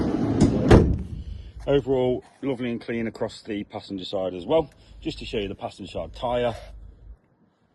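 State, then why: Seated. The side-loading sliding door on the passenger side of a Ford Transit van is slid shut and latches into the van body with a loud impact at 0.7 s, locking in place as it should. Afterward, someone talks.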